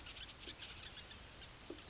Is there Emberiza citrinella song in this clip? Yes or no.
yes